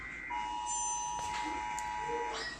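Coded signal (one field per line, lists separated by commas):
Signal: Emergency Alert System (SAME) tones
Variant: 853 and 960 Hz attention tone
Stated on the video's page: Fake EAS alarm.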